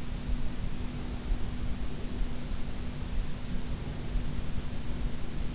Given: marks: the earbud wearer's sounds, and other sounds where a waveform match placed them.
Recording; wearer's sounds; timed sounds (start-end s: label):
sounds in sleep by an in-ear microphone; breath
0.33-2.33 s: breath
3.33-5.33 s: breath